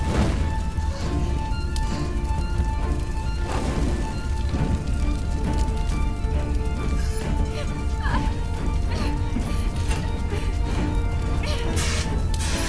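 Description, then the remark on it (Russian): A loud, steady roar of crackling flames as fire rapidly spreads through a shop, with scattered crashes and thuds breaking through and sustained tones humming underneath. “Магазин быстро охватывает пламя, стремительно распространившееся повсюду.”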